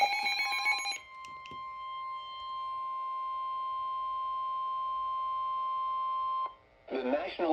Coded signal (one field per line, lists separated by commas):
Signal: Emergency Alert System (SAME) tones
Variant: 1050 Hz attention tone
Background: speech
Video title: Severe Thunderstorm Warning (EAS 59)